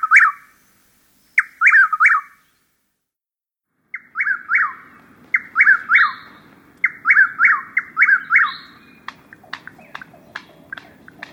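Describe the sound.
Chuck-will's-widow calling its quick, rhythmic three-part phrase several times, with a soft low hum in the background. Sharp clicks and a few other short notes follow near the end.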